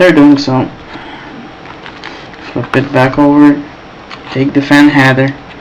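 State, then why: Not seated. Someone talks while handling a GPU fan header plug after repasting, flipping the graphics card back over and taking the fan header to push it back into its socket on the graphics card board. Between the speech, a few faint, brief handling taps are heard around 1.9, 2.1, 2.3 and 2.7 seconds. Nothing has seated or clicked yet; the connector has not gone home by the end of the clip.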